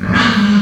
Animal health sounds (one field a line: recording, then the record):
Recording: squeal of a Yucatan mini pig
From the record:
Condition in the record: after surgery on the right vocal fold (resection and tissue-engineered implant)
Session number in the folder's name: 15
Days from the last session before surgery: 175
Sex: female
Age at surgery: 19 weeks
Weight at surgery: 25 kg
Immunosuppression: prednisolone